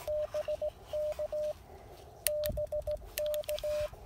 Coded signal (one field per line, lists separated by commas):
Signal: Morse code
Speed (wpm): 16 wpm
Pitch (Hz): 590 Hz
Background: radio noise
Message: BK BK